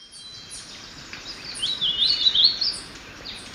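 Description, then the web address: Brown-capped vireo uttering a brief, hurried warble of slurred notes, with repeated thin high chirps around it. Ecuador. "Birds of Ecuador. Brown-capped Vireo"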